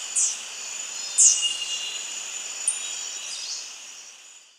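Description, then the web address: Silver-throated tanager giving a few high, sharp call notes over a steady high-pitched background hum that fades out. Recorded in Ecuador. "Birds of Ecuador. Silver-throated Tanager"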